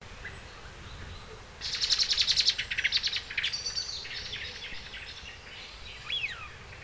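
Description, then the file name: Common blackbird calls: a rapid burst of sharp, clicking chips that slows and fades, followed by softer high notes and a brief downslurred whistle. "Turdus merula"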